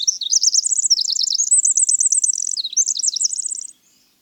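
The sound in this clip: Winter wren delivering a quick, bubbling run of high chirps and short trills, jumping up and down in pitch for about four seconds.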